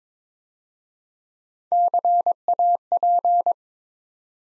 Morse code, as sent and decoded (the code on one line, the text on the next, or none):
-.-. .- .--.
CAP